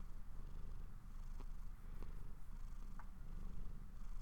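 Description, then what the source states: Cat purring, a low rhythmic drone with a few light taps over it. Owner's pet cat purring while falling asleep.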